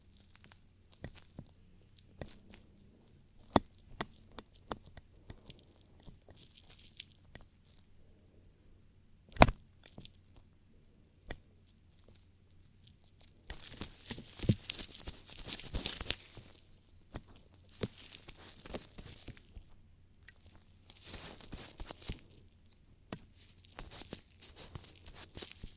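Ear cleaning ASMR: soft scratchy rustles with sharp clicks scattered throughout, growing denser and hissier after about thirteen seconds, over a low hum.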